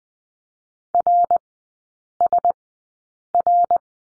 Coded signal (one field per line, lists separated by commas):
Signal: Morse code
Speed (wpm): 20 wpm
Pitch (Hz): 700 Hz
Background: none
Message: RSR